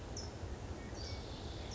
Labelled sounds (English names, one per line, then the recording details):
California Towhee
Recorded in Sonoma County, California